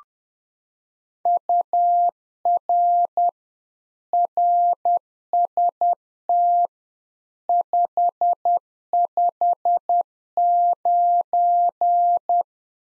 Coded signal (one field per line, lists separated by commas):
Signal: Morse code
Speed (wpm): 10 wpm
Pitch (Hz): 700 Hz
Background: none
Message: UR RST 559